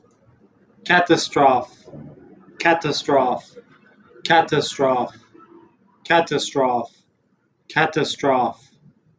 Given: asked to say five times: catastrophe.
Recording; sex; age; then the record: repeated word; male; 20 to 29 years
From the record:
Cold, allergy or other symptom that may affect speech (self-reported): no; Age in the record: 28 years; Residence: Texas, United States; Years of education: 16